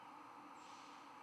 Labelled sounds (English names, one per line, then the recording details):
White-throated Sparrow flight call
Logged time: 02:40 on 11 November 2014